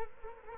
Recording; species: mosquito wingbeat signal from an infrared sensor; Culex quinquefasciatus